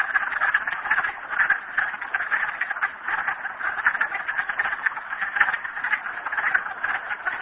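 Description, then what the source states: Frogs calling together, overlapping rapid trills forming a continuous pulsing chorus with no gaps. Frogs at Merryspring.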